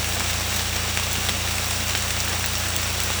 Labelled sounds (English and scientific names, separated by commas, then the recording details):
none
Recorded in secondary vegetation near Puerto Asís, Putumayo, Colombia, on 18 December 2024 at 00:30
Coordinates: 0.485, -76.322
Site GP08